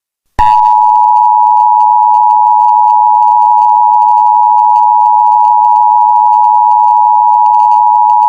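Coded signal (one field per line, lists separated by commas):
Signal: Emergency Alert System (SAME) tones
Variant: 853 and 960 Hz attention tone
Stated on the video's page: Fictional US EAS scenario story.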